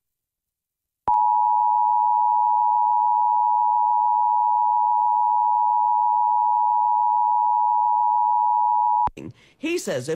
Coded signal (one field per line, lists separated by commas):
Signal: Emergency Alert System (SAME) tones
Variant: 853 and 960 Hz attention tone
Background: speech